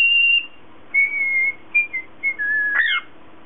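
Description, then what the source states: Cockatiel whistling a long high note, then several level whistles and a sharp swooping chirp near the end. Lutino colour variety.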